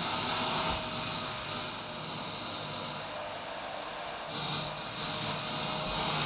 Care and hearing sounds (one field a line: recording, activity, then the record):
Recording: daily activity, microphone in the room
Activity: vacuum cleaning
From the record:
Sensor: 2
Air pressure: 990.9 hPa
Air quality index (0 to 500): 135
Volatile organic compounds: 177 ppm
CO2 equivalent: 4132 ppm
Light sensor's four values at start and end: 21/50/20/20 and 21/50/20/20